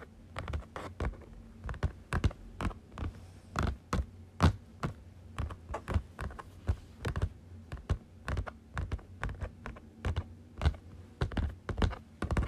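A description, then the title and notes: Fingers tap on a folder in an irregular, fairly quick pattern, each hit a short crisp knock, sometimes in quick pairs or clusters, with brief pauses between. Dry, over a faint steady low hum underneath. Tapping Folder.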